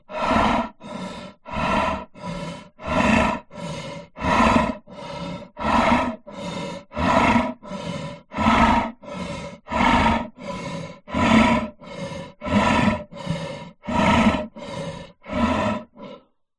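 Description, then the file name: Lion breathing in a regular rhythm, many harsh, breathy pulses evenly spaced, alternating slightly stronger and weaker breaths. "zapsplat animals lion"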